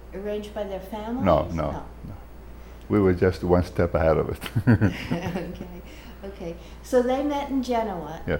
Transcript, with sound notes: arranged by their families?
No, no. We were just one step ahead of it! [Laughs]
Okay. [laughs] Okay, so they met in Genoa?